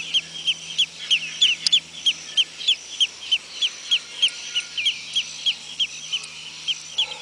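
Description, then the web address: Bird calls: short, sharp high notes repeated about three times a second in a steady run, over a faint low hum. "BIRD 2015 SABIOD"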